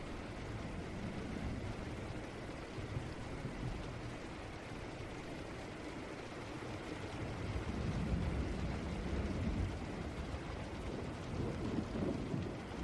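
Rain falls in a dense, continuous hiss with a heavy low rumble underneath. The sound stays steady throughout, swelling slightly louder around eight seconds and again near the end. Fine crackling patter runs through the upper range without distinct separate drops.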